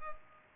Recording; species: mosquito wingbeat signal from an infrared sensor; Culex pipiens